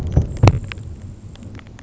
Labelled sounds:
Grasshopper Sparrow
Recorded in Sonoma County, California

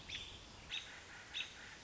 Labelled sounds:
American Robin
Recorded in Sonoma County, California

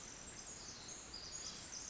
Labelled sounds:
Pacific Wren
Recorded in Sonoma County, California

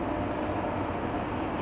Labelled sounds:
Oak Titmouse
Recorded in Sonoma County, California

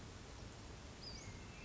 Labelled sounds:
Western Flycatcher
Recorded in Sonoma County, California

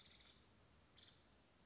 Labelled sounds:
Nuttall's Woodpecker
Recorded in Sonoma County, California

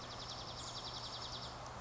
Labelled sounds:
Dark-eyed Junco
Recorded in Sonoma County, California

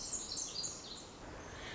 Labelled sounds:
Pacific Wren
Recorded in Sonoma County, California

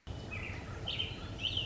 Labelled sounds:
American Robin
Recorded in Sonoma County, California

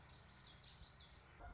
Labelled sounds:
Common Yellowthroat
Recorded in Sonoma County, California

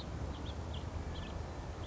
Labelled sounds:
House Finch
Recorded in Sonoma County, California

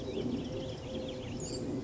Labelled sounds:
Eurasian Collared Dove
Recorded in Sonoma County, California

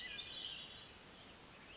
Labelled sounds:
Hermit Thrush
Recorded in Sonoma County, California

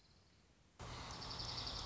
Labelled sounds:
Dark-eyed Junco
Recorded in Sonoma County, California

